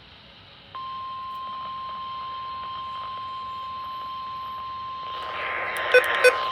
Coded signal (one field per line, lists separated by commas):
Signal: Emergency Alert System (SAME) tones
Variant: 1050 Hz attention tone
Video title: RWT’s (EAS 399-400)